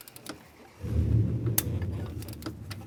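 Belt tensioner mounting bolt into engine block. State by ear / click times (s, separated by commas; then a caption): torque reached / 1.6 s. A torque wrench set to 45 ft-lbs tightens the steel belt tensioner mounting bolt into the engine block of a 2005–2010 Dodge Dakota during a drive belt kit replacement. A low rumble rises from about 0.8 s, with a few faint ticks around it. The single sharp, loud click of the wrench reaching its setting comes at 1.6 s.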